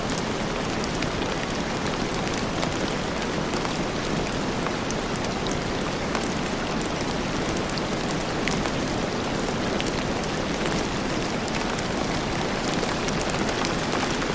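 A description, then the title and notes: Steady, heavy rain pours down in a dense, even hiss that fills everything from low rumble to bright top. Sharper drop impacts crackle through it constantly, a few standing out louder every second or so, while the overall level never changes. Dreamy Rain Sleep Sounds | Relaxing Rainstorm White Noise.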